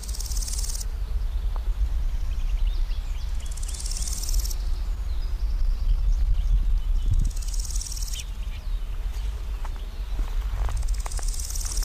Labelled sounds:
Marsh Warbler song

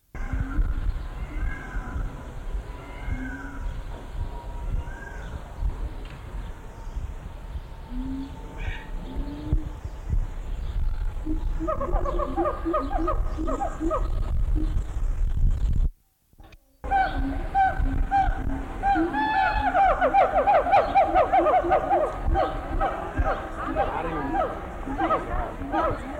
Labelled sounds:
Siamang

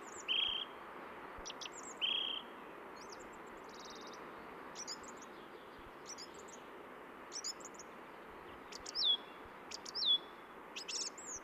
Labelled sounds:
Song Thrush song

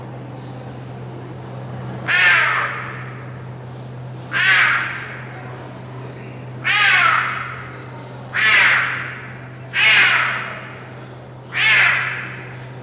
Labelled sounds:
Clouded Leopard

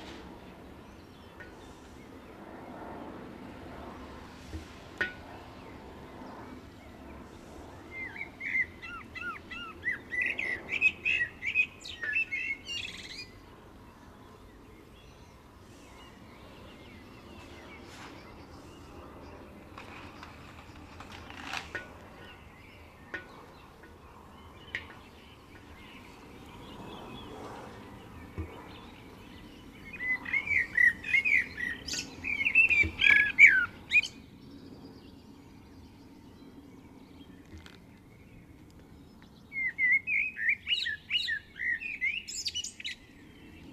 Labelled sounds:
Common Blackbird song

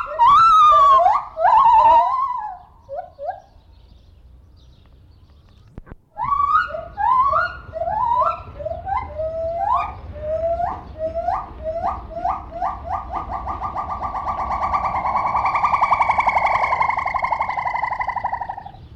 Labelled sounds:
Silvery Javan Gibbon

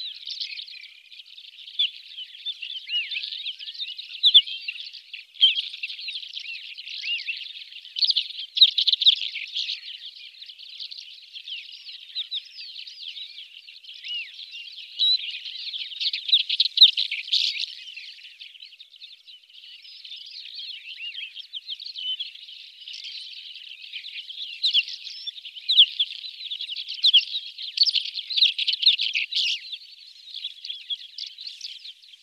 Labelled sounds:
Isabelline Wheatear song

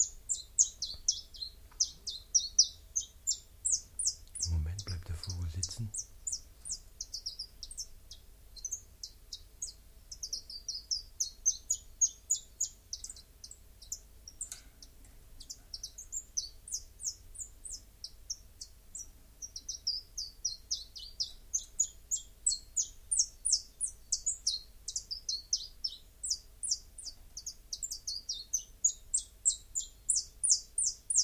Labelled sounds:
Common Chiffchaff song

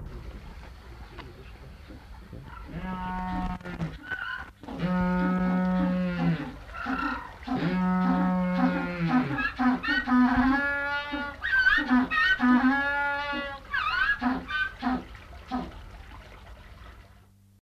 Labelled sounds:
African Penguin call

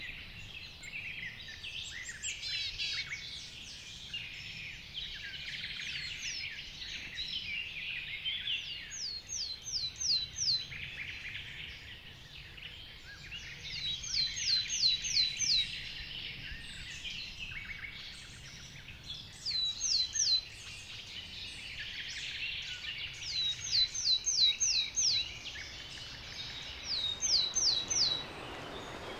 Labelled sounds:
Garden Warbler

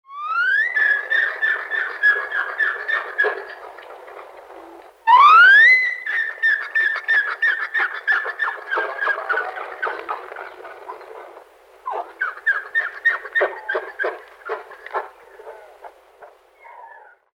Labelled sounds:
Mountain Zebra

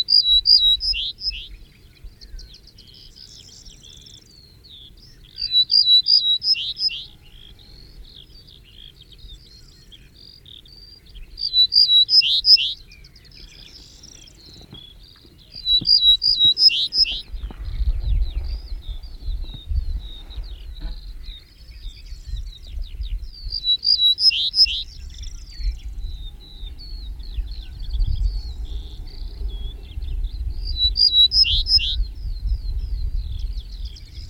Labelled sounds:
Ortolan Bunting song

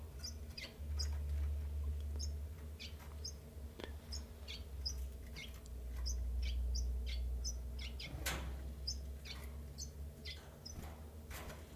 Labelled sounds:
Common Chiffchaff

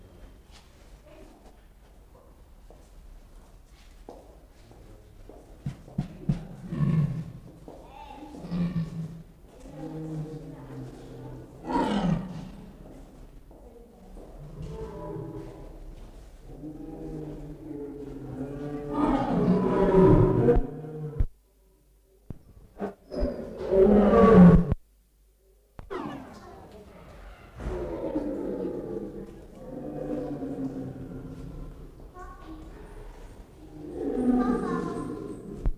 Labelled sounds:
Leopard call

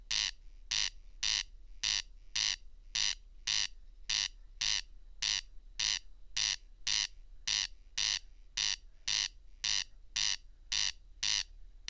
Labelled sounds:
Corn Crake song

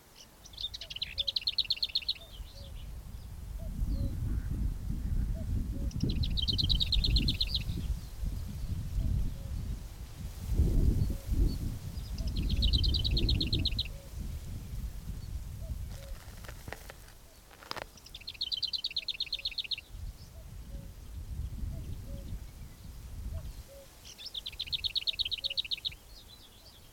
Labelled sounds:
Lesser Whitethroat

